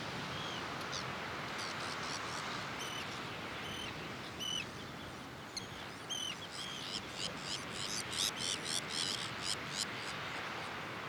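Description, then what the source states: Sabine's gull giving sparse thin grating notes at first, then a quicker burst of harsh rasping calls near the end, against steady background noise. Recorded on Jan Mayen on 14 July 2024.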